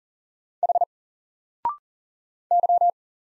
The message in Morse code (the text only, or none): H Y